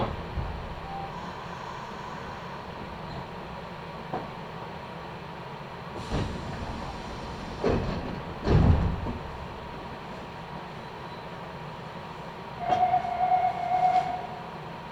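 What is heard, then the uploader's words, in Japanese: A ride on a Meitetsu Toyota Line train, with a steady low rumble of the running cars throughout. Sharp clanks and thumps hit around 6, 8 and 9 seconds, and a high whining tone rises briefly near the end. 名古屋鉄道 豊田線 猿投→梅坪→赤池。やってきたのは地下鉄の車両なので発車の時のＶＶＶＦ音が特徴的なのがわかります。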